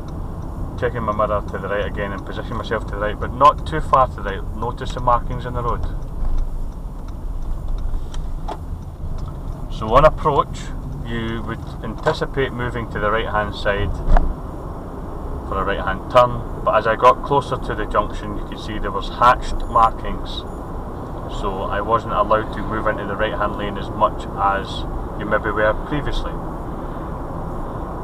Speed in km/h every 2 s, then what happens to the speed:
29, 26, 21, 19, 18, 24, 32, 40, 42, 44, 45, 47, 48, 47.
0-8 slows to 18. 8-23 speeds up to 48.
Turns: 5-11.